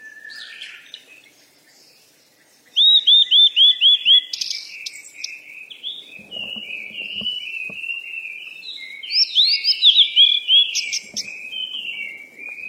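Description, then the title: Bird song: soft chirps, then about six loud repeated sweeping whistles, followed by long continuous twittering with faint low rustling. Birds at play. "鸟儿嬉戏声"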